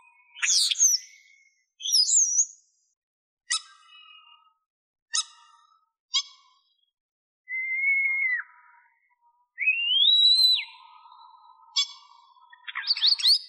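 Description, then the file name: Common starling song with separated phrases: squeaky chirps, short harmonic clicks, then drawn-out whistles that slide down or rise and level off, and a final buzzy burst. "L'étouneau sansonnet - Damien Drillet"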